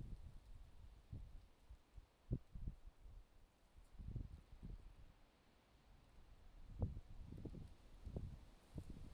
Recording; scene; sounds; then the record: everyday scene through a hearing-aid microphone; wind on the microphone; wind, traffic, birds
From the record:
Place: suburban garden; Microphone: in the ear canal, left